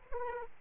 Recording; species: mosquito wingbeat signal from an infrared sensor; Aedes aegypti